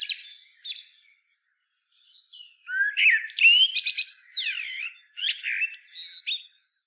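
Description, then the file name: Common blackbird calling with a few thin high notes, then a dense sequence of squeaky, sweeping and chattering sounds lasting several seconds. "Turdus merula"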